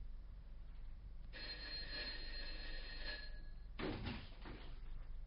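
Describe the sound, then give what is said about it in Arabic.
A bright, sustained bell rings steadily for a couple of seconds, followed by a short clattering burst like a door or object being knocked, over a low hum, in an Arabic radio dramatization of a Franz Kafka story. “من أنت؟ هل ضربت الجرس؟”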